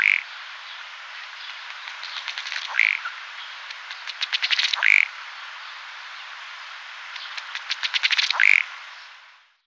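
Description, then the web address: Ruddy duck: a short loud burp, then three series of dry ticks, each ending in a short loud burp. "hdykstra rosse-stekelstaart"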